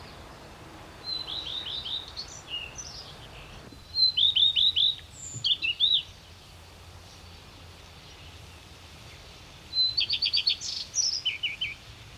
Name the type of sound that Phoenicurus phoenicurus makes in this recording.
song